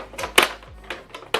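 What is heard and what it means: An ink cartridge is pressed down to unlatch it from the carriage slot of an HP Deskjet 3700-series printer (3700, 26320, 2652, 2655) and then pulled out. A sharp click sounds at 0.4 s, followed by softer plastic clicks and rattles, with another loud snap near the end. The cartridge is released.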